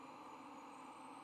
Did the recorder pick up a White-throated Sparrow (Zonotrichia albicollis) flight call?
no